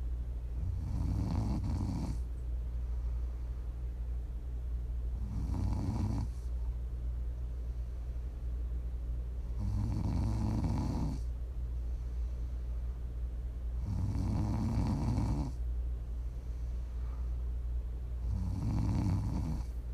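ASMR snoring from a sleeping adult, for listening to sleep, relax or wind down.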